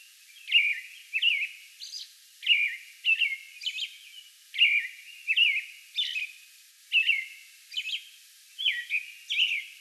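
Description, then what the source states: American robin caroling in a continuous run of liquid, slurred whistled notes grouped in phrases. Song bout recorded May 11.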